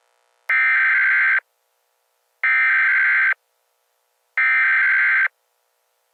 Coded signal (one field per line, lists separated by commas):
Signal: Emergency Alert System (SAME) tones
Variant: header bursts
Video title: EAS Scenario: Autumn's Ambush